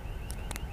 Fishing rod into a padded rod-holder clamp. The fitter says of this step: užsifiksuoja aišku